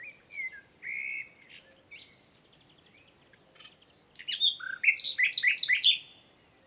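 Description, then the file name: Common nightingale song with varied phrases: soft whistles and warbles, a pause, then a loud burst of sharp, rapidly repeated notes to finish. "Luscinia megarhynchos"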